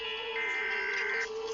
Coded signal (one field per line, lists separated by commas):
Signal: Emergency Alert System (SAME) tones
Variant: header bursts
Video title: rating eas alarms pt 1